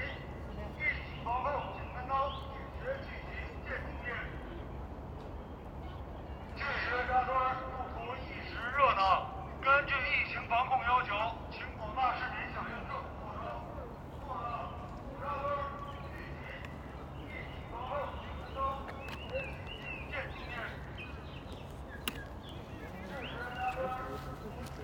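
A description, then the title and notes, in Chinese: Near a riverside garden, people talk in short bursts throughout, louder around seven to thirteen seconds and again toward the end. A steady low rumble of traffic sits underneath the whole time, with a few sharp clicks and taps breaking through. 坝河滨河花园附近。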